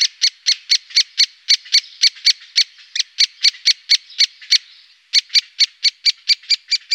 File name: pico picapinos